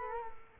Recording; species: mosquito wingbeat signal from an infrared sensor; Culex quinquefasciatus